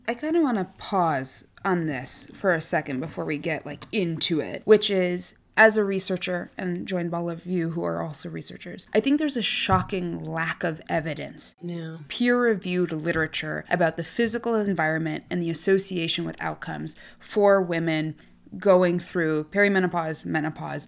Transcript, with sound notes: I kind of want to pause on this for a second before we get, like, into it, which is, as a researcher— and joined by all of you who are also researchers— I think there’s a shocking (pounds desk) lack of evidence.. Peer reviewed literature about the physical environment and the association with outcomes for women going through perimenopause, menopause.